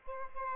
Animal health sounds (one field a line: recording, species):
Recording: mosquito wingbeat signal from an infrared sensor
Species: Aedes albopictus